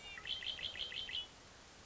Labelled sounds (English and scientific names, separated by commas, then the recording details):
Red-winged Blackbird (Agelaius phoeniceus)
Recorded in Sonoma County, California